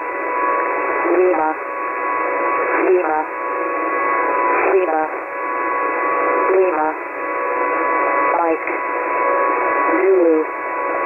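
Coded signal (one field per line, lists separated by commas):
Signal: coded military voice message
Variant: HFGCS Emergency Action Message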